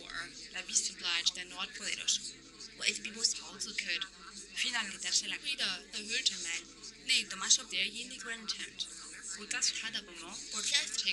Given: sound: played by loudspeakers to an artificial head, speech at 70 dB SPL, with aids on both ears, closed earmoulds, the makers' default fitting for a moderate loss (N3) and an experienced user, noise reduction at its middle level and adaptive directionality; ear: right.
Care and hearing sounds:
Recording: speech test signal (ISTS) in cocktail-party noise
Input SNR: 0 dB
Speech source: on the right (90 degrees)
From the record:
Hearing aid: class 1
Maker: H

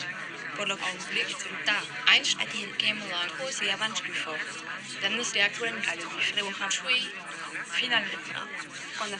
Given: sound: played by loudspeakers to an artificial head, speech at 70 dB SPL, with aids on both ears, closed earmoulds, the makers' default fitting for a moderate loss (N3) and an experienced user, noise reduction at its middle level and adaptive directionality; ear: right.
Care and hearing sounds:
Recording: speech test signal (ISTS) in cocktail-party noise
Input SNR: -3 dB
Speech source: on the right (90 degrees)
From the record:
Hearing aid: class 2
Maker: G

